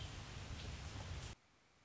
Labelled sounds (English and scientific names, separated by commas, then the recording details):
Red-winged Blackbird (Agelaius phoeniceus)
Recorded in Sonoma County, California